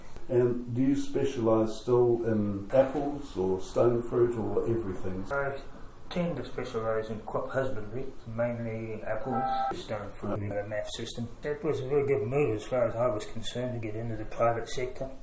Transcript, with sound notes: And do you specialise still in apples or stone-fruit or everything? I tend to specialise in crop husbandry, mainly [phone rings] apples, stonefruit in the MAF system. It was a very good move as far as I was concerned to get into the private sector.